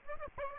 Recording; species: mosquito wingbeat signal from an infrared sensor; Aedes aegypti